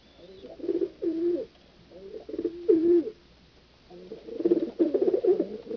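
Pigeon coos, low and burbling, in three separate bouts with quiet gaps between.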